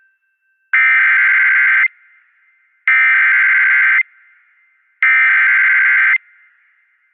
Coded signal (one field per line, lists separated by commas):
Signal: Emergency Alert System (SAME) tones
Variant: header bursts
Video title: THE ACTION CONTINUES | EAS Alerts from 6/22/2022 (EAS #1346-1352)